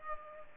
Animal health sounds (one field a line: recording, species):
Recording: mosquito wingbeat signal from an infrared sensor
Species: Culex pipiens